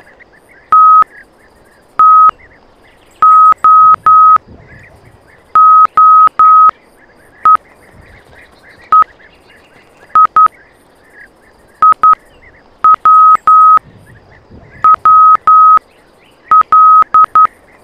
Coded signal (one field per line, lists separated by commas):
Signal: Morse code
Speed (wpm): 11 wpm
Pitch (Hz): 1270 Hz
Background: none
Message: TTOOEEIIWWL